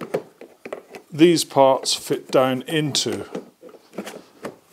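Plastic stand parts for a Karcher K5 pressure washer are handled and moved toward their sockets on the front of the washer body, making light taps and knocks while someone talks. Nothing has seated or clicked yet.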